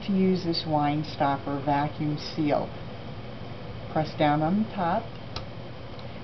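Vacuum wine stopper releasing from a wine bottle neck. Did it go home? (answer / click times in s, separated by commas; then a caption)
released / 5.4 s. Someone talks while pressing down on the push-button top of a Judaica vacuum wine stopper on the neck of a wine bottle to release its seal. A short, sharp pop is heard at 5.4 s, showing the vacuum seal has released so the stopper comes off.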